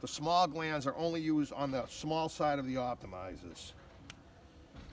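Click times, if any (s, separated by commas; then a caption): 4.1 s. A positive MC4-style solar PV connector is pushed home into its mating optimizer connector. Someone talks at first, and then the connector clicks into place at 4.1 seconds, fully seated.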